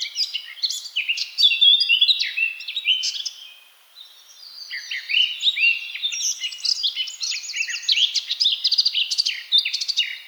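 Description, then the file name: Eurasian blackcap song, a fast, rich warble of varied chirps and fluty notes, pausing briefly near four seconds before resuming more busily. "Sylvia atricapilla"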